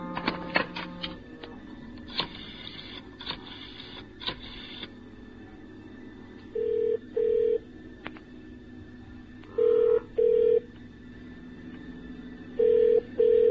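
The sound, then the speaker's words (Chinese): A telephone is dialed with a quick series of clicks to call into a young lady's room, then a steady mid-pitched ringback tone sounds in double bursts, three times over, with no one picking up. “我都系打个电话入佢房，喊下声气把啦啊。”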